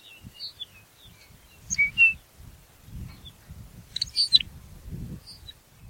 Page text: Ryan P. O'Donnell - Лапландский подорожник (Calcarius lapponicus)